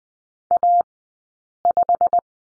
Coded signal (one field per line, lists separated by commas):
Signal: Morse code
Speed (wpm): 20 wpm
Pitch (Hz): 700 Hz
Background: none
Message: A5